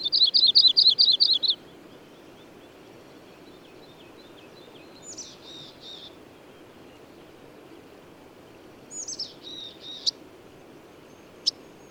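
Bird song: a quick, high trill opens, then quiet gaps broken by short bursts of high, rising and falling notes and sharp clicks.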